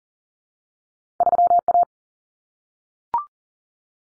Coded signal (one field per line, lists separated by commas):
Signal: Morse code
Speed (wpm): 40 wpm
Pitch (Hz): 700 Hz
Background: none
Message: 3A